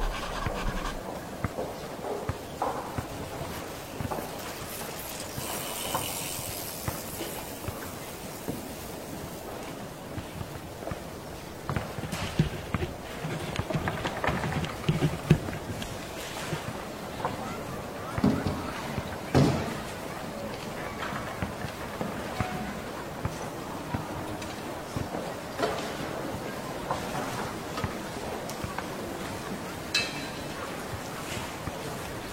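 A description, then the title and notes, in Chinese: A classroom after school, filled with a steady murmur of scattered voices and movement throughout. Short knocks, scrapes and clatters pop up irregularly, a little more around the middle and toward the end, over a constant low rumble, with a brief brighter hiss near six seconds. 放学后的教室。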